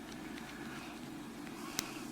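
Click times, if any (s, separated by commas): 1.8 s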